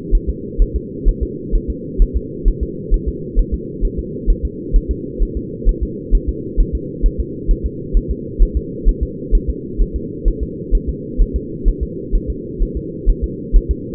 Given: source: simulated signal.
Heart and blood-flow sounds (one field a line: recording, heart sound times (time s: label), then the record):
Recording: fetal heart sounds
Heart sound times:
0.15 s: S1
0.30 s: S2
0.62 s: S1
0.76 s: S2
1.09 s: S1
1.23 s: S2
1.55 s: S1
1.70 s: S2
2.02 s: S1
2.17 s: S2
2.48 s: S1
2.63 s: S2
2.94 s: S1
3.08 s: S2
3.39 s: S1
3.54 s: S2
3.85 s: S1
3.99 s: S2
4.30 s: S1
4.45 s: S2
4.76 s: S1
4.91 s: S2
5.23 s: S1
5.37 s: S2
5.69 s: S1
5.83 s: S2
6.15 s: S1
6.29 s: S2
6.60 s: S1
6.75 s: S2
7.06 s: S1
7.20 s: S2
7.51 s: S1
7.66 s: S2
7.97 s: S1
8.11 s: S2
8.43 s: S1
8.57 s: S2
8.89 s: S1
9.03 s: S2
9.35 s: S1
9.50 s: S2
9.82 s: S1
9.96 s: S2
10.28 s: S1
10.43 s: S2
10.75 s: S1
10.89 s: S2
11.22 s: S1
11.36 s: S2
11.68 s: S1
11.83 s: S2
12.15 s: S1
12.30 s: S2
12.62 s: S1
12.77 s: S2
13.10 s: S1
13.24 s: S2
13.56 s: S1
13.71 s: S2
From the record:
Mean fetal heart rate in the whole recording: 130 bpm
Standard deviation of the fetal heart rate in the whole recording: 2 bpm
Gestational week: 38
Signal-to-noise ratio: -4.1 dB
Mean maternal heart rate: no maternal heart sound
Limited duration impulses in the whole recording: absent